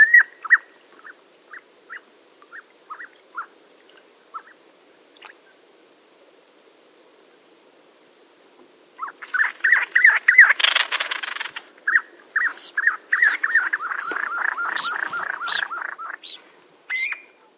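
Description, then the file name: Common ringed plover calls: spaced single whistled notes at first, then after a pause a dense, excited run of rapid piping notes with a brief rougher burst. Display call. "SANDLO DISPLAY LYB SNI"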